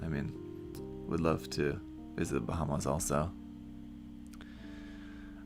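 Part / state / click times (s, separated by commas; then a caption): plastic skirt part onto model kit hull / not seated / none. A plastic skirt part is pressed onto the hull of a 1/20 scale plastic model kit while someone talks over steady background music. Only a few faint handling taps are heard around 4.3 to 4.4 seconds. The skirt does not snap on, nothing has clicked into place, and the parts won't stay together without glue.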